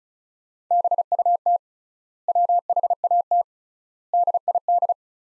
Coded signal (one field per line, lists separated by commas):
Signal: Morse code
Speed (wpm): 34 wpm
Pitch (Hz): 700 Hz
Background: none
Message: BUT WHAT DID